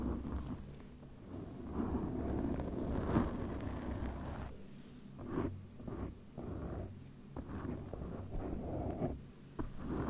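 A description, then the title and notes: Scratching and rubbing on a microphone, with no voices. A dull rumble fills the low end throughout, swelling and fading unevenly, while sharper scrapes and knocks break through every second or so, especially from about five seconds onward. ASMR Mic Scratching no Talking, MIT/OHNE Cover.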